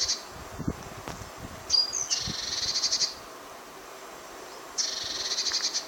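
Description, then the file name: Great tit calls: a brief churr at the start, then a thin high whistle followed by a dry, buzzy churring rattle lasting about a second, and another churring rattle near the end, with soft low thumps underneath. "Parus major"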